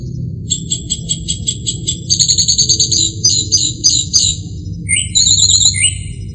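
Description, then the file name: Northern mockingbird singing fast repeated notes that shift into slurred, warbled phrases, each type given several times before switching, with a constant low hum behind. "kicauan-burung-northern-mockingbird -omkicau"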